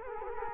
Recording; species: mosquito wingbeat signal from an infrared sensor; Culex quinquefasciatus